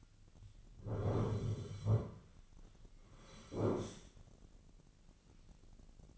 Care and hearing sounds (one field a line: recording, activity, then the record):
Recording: daily activity, microphone in the room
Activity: sit down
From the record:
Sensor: 4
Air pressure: 1010.0 hPa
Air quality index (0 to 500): 194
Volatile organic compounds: 3 ppm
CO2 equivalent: 1394 ppm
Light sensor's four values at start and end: 40/99/41/44 and 40/99/41/45